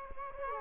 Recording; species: mosquito wingbeat signal from an infrared sensor; Culex quinquefasciatus